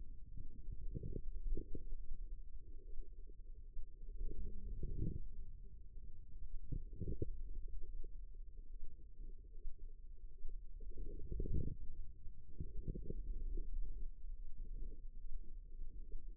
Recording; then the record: forearm muscle sounds (acoustic myography)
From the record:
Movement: wrist flexion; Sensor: system 2, bracelet of six BSWA MPA416 microphones around the upper forearm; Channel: 3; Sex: female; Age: 25 years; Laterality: right